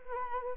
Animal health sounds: mosquito wingbeat signal from an infrared sensor; Anopheles arabiensis

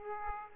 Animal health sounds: mosquito wingbeat signal from an infrared sensor; Aedes aegypti

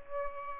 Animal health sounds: mosquito wingbeat signal from an infrared sensor; Aedes aegypti

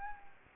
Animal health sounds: mosquito wingbeat signal from an infrared sensor; Anopheles gambiae

